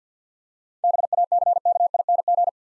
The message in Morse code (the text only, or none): BACKING